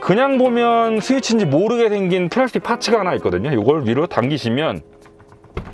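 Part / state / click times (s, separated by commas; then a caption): manual door release lever in a car's front door / released / 5.6 s. A person pulls up the small plastic manual door-release lever in front of the window switch on the front door of a Tesla Model 3 refresh, used to open the door when the car has lost power or failed. Someone talks for most of the clip, followed by a quiet stretch with a few faint ticks. The latch releases with a sharp mechanical click at 5.6 s, and the door opens.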